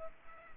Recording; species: mosquito wingbeat signal from an infrared sensor; Aedes aegypti